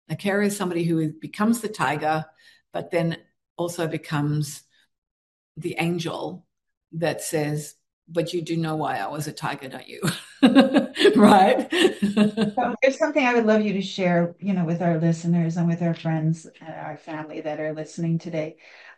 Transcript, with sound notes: A carer is somebody who, uh, becomes the tiger but then also becomes the angel that says, "But you do know why I was a tiger, don't you?" (laughs) Right?
So, there's something I would love you to share, you know, with our listeners and with our friends and our family that are listening today.